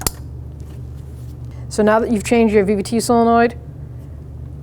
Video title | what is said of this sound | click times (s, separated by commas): How to Replace Variable Valve Timing Solenoid 2003-2007 Nissan Murano | now take your connector line it up and push it until it clicks | 0.1 s